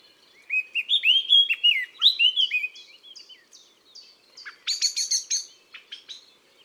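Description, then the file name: Common blackbird song: rich, fluted warbling phrases sliding up and down, then a burst of high, squeaky twittering notes near the end. From a collection of bird songs of woods and forests. "Merle noir Chants doiseaux des bois et des forets"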